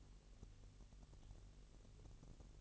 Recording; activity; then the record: daily activity, microphone in the room; take from stove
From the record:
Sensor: 4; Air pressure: 1002.8 hPa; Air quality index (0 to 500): 238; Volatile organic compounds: 10 ppm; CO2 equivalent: 2233 ppm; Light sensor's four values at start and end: 7/16/6/6 and 7/16/6/6